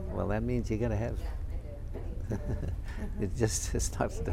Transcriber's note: he laughs